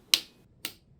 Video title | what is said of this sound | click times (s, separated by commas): TRANSFORMED my ZV-E1 into a FX3 with SmallRig's ZV-E1 Cage & Snap-On NATO Side Handle 4017 | There's a very satisfying snap. | 0.1 s